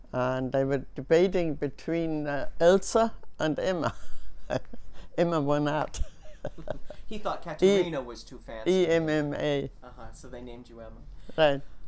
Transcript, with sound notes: And they were debating between Elsa and Emma. Emma won out. (she laughs) E-...
He thought Katharina was too fancy.
E-M-M-A.
Uh-huh. So they named you Emma.
Right.